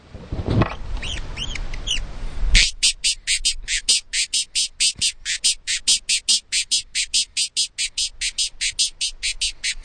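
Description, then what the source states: Hummingbird calls: a few thin, high squeaks and brief noisy bursts, then a rapid, even run of sharp, dry, high chips. Angry hummingbird calling.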